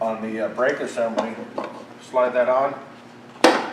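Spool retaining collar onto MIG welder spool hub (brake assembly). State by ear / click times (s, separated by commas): seated / 3.4 s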